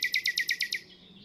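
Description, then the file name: Common nightingale: rapid series of about seven sharp repeated notes, followed by a brief thin high tone. "Luscinia megarhynchos"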